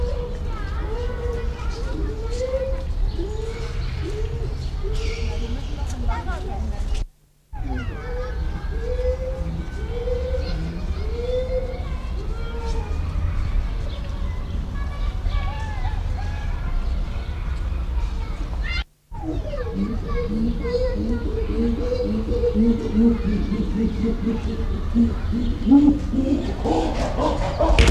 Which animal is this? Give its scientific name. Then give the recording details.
Pan troglodytes. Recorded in captivity. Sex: male. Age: adult. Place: Zoo Berlin, Berlin, DE. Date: 1994-05-21 10:43. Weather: heiter, 12-16°C. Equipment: Marantz CP 430, Sennheiser ME 80, Kopie Uher Variocord 263. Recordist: Tembrock, Günter